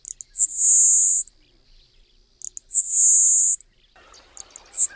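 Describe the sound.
Le Conte's sparrow song, two or three sharp ticks then a long, very high, insect-like buzz, given twice; faint twittering from another bird near the end.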